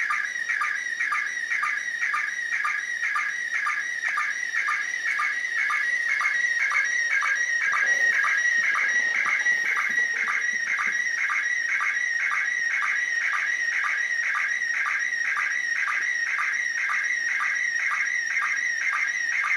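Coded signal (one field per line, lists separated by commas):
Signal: SSTV (slow-scan television)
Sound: continuous warbling, chirpy tone with a regular blip about twice a second throughout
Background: radio static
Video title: Perception SSTV (2m) SDR Lapwing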